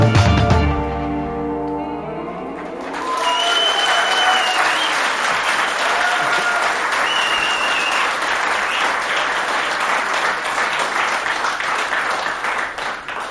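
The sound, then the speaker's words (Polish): A final held musical chord fades into a roaring wave of audience applause at a Polish Radio Program Three (Trójka) concert broadcast. The applause sustains steadily for about ten seconds, dense clapping laced with a few shrill whistles and cheers. “Dziękuję bardzo za Państwa frenetyczne oklaski.”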